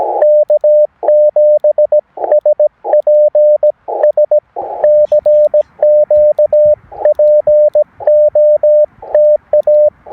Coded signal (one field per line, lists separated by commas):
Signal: Morse code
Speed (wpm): 17 wpm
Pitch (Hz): 600 Hz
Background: radio noise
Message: K7SPS CQ POTA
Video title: A Look at an End Fed Half Wave Antenna in an Inverted Vee for a 17 WPM CW POTA Activation